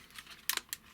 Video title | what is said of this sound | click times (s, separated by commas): Transformers review Fanstoys Phoenix | Lock into place. | 0.5 s